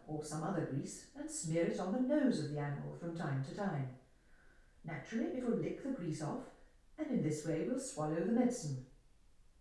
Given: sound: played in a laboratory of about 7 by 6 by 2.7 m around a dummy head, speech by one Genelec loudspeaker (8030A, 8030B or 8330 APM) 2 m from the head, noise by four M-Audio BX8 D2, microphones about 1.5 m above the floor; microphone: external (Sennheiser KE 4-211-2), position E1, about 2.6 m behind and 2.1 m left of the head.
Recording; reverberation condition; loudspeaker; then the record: female speech in English; medium; 90 degrees to the left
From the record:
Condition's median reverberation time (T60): about 510 ms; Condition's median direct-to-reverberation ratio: about -0.5 dB